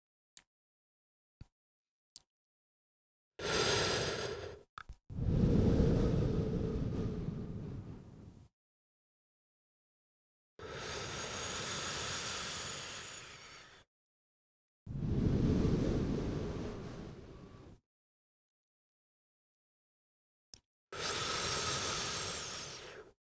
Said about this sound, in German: Also, ich sitze jetzt hier und werde bewusst erst einmal Probe atmen und dann geht's los.